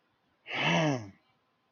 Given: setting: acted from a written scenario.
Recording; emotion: vocal sound without words; contempt